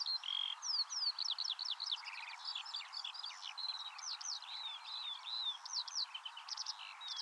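Eurasian skylark song, a long unbroken run of high, quick, slurred notes and chirps.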